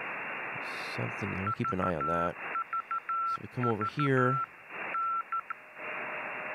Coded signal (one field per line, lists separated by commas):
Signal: Morse code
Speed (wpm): 13 wpm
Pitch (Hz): 1340 Hz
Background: speech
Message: VVV N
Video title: 2M EME Setup and Terrestrial DXing